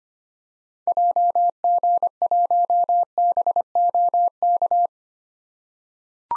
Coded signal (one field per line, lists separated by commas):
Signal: Morse code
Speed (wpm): 25 wpm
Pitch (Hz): 700 Hz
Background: none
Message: JG1BOK